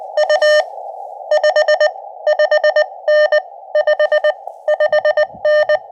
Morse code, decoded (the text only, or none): U 55N 55N